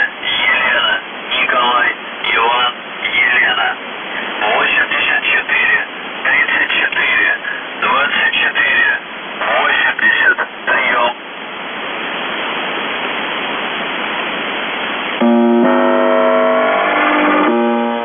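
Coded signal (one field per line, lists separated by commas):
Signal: numbers station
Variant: UVB-76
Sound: voice reading words over radio, then hiss, then a harmonic buzzing tone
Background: radio static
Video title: The Buzzer/UVB-76(4625Khz) September 2, 2021 07:51UTC Voice message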